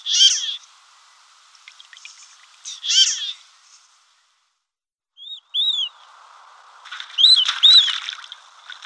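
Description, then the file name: Marbled duck calls: two harsh nasal squeaks early, then short whistled rising-falling notes and a busy, chattering mix of calls toward the end. "cerceta pardilla"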